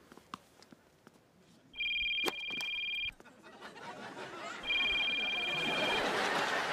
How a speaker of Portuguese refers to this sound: Desliga o telemóvel. Desculpe, esqueci-me de o pôr no silêncio.